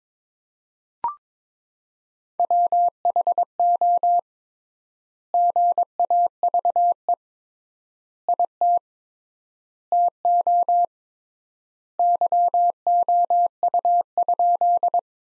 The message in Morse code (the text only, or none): WHO GAVE IT TO YOU?